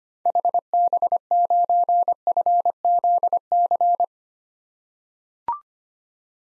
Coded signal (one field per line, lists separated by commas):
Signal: Morse code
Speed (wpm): 25 wpm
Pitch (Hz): 700 Hz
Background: none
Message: HB9FZC